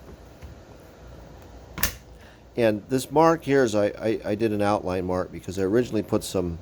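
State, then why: Seated. An aftermarket Milwaukee M18 9Ah 18 V lithium-ion battery pack is slid down into a power tool housing. After a quiet stretch, two sharp hits land close together at 1.8 s and 1.8 s as the pack seats. Then someone talks.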